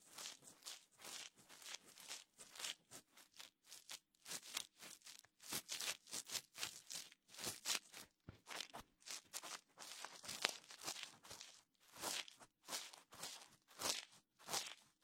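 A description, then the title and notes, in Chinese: A wooden ear pick, cotton swabs and fingertips rubbing produce a steady run of soft, bright scratching strokes. The scrapes come in quick, irregular bursts several times a second, rising and fading, with a few louder sharper rubs near the middle and end. 鹿姐姐清理你的耳朵(双耳同时)。木质耳勺、棉签、指尖摩擦。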